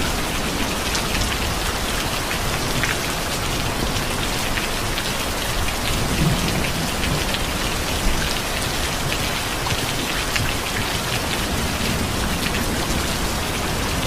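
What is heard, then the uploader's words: Steady rain falls throughout, a dense, even hiss of countless drops striking a surface. The level holds constant for the whole stretch, with brighter patters of individual drops flickering across it and a faint low rumble underneath. Rain no fade.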